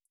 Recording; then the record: hydrophone in a shrimp aquaculture tank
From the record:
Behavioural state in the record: feeding